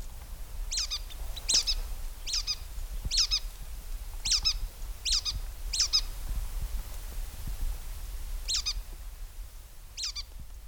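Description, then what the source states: Brown-headed nuthatch calls: nine high, squeaky notes, mostly about a second apart with a longer pause near the end, over a low rumbling background. Squeaky dull call; common in southern pine forests; formerly common in northwest Arkansas and adjacent Missouri pine forests.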